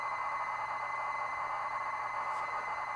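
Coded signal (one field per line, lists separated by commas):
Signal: ZX Spectrum tape loading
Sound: continuous harsh buzzing data screech, constant throughout, with faint low hum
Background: mains hum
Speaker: this game takes about three four minutes to load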